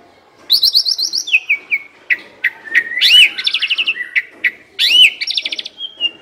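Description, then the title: Asian pied starling song, rapid trilled bursts mixed with upslurred whistles and squeaky notes. Training song (masteran) meant to make birds that sing too little and seem listless sing more. "Masteran Jalak Suren Atasi Burung KURANG GACOR Dan LOYO"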